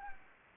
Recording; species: mosquito wingbeat signal from an infrared sensor; Anopheles gambiae